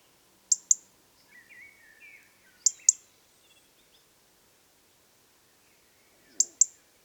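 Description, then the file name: European robin producing sharp doubled ticks, three pairs with a long gap before the last, with faint twittering in between. "Erithacus rubecula"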